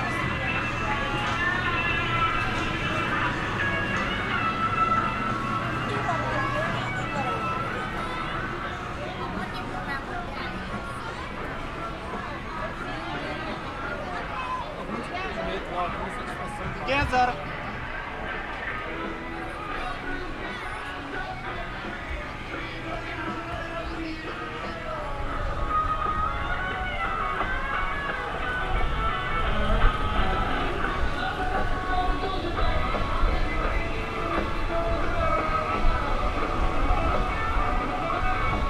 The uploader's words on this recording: … takes you into Animal Kingdom for a "WhereinthePark-Style" Walk. Walk in Animal Kingdom.